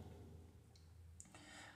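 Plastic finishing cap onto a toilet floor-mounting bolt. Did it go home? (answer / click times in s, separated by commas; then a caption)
yes / 1.2 s. A plastic finishing cap is pressed onto a toilet floor-mounting bolt that has been cut to length. Over a low background hum, a sharp click at 1.2 seconds marks the cap snapping into place and seating properly. Brief rustling follows.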